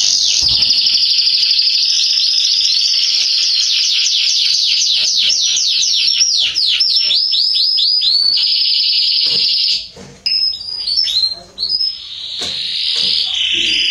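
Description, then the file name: Belgian canary with a long, continuous rolling trill breaking into quick falling sweeps, then a harsher trill, with short gaps and scattered notes toward the end. "canto do canario belga salsa"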